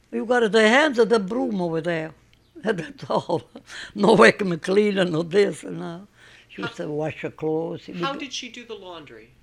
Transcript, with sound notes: You got the hands and the broom over there, that's all. ( she laughs ) No vacuum cleaner, no this or that. She used to wash her clothes.
How did she do the laundry?